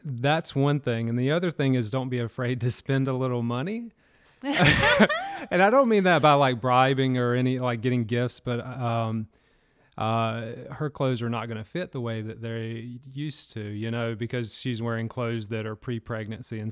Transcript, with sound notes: That's one thing and the other thing is don't be afraid to spend a little money. [laughs] I don't mean that by bribing or any like getting gifts, but her clothes are not going to fit the way that they used to because she's wearing clothes that are pre-pregnancy.